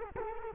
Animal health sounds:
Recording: mosquito wingbeat signal from an infrared sensor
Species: Culex quinquefasciatus

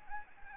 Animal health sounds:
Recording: mosquito wingbeat signal from an infrared sensor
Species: Anopheles gambiae

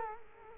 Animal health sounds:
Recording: mosquito wingbeat signal from an infrared sensor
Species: Culex quinquefasciatus

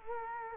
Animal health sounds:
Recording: mosquito wingbeat signal from an infrared sensor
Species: Culex quinquefasciatus

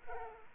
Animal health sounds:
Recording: mosquito wingbeat signal from an infrared sensor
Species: Aedes aegypti

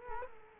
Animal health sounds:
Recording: mosquito wingbeat signal from an infrared sensor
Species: Culex quinquefasciatus

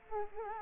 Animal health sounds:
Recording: mosquito wingbeat signal from an infrared sensor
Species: Culex quinquefasciatus

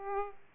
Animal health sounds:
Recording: mosquito wingbeat signal from an infrared sensor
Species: Aedes aegypti

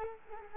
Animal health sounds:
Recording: mosquito wingbeat signal from an infrared sensor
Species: Culex quinquefasciatus

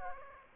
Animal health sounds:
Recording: mosquito wingbeat signal from an infrared sensor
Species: Aedes aegypti

